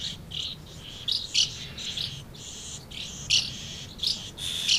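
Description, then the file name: Swallows twittering, with short bursts of bright chirps and warbles repeated in quick clusters over a steady high chatter. Several swallows recorded at Amblagnieu on 2 July 2017 with an MZ-N 710 device. "MZ-N 710 Hirondelles Amblagnieu 2 07 17"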